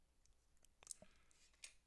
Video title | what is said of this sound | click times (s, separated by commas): Build With Baer Workshop 3/1/21 built complete Enterprise NX-01 | pop that out. | 0.9 s